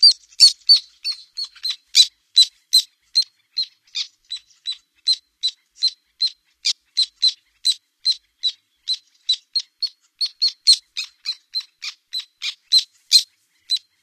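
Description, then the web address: Black tern giving a continuous series of harsh, squeaky notes, two or three per second, loud throughout. North America. "Songs of Birds of North America Stokes. Black Tern"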